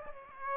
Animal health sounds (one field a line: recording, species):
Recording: mosquito wingbeat signal from an infrared sensor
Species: Aedes aegypti